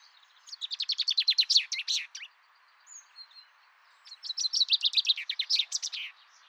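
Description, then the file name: Common chaffinch singing twice: each phrase is a rapid, repeated rattling series of notes ending in a sharp flourish. A few soft chirps fall in the pause between the songs. "Fringilla coelebs"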